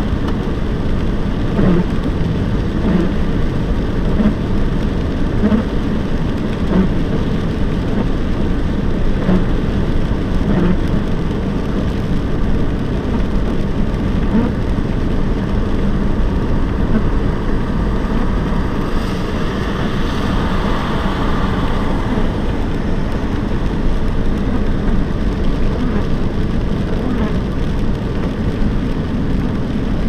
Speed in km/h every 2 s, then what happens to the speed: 72, 71, 71, 72, 74, 74, 74, 75, 76, 75, 74, 74, 73, 71, 68.
0-17 steady at about 74. 17-30 slows to 68.